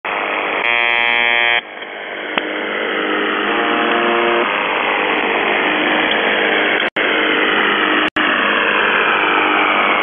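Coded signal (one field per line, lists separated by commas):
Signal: channel marker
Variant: UVB-76 (The Buzzer)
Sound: two roughly one-second harsh buzzes in loud hissing static, with two brief dropouts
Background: radio static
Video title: The Buzzer/UVB-76(4625Khz) September 28, 2021 16:00UTC Voice message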